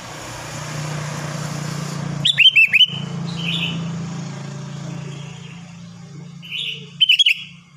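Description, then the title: Sooty-headed bulbul song: two short bursts of bubbly, chirping notes several seconds apart, over a steady low hum of traffic. "Kutilang"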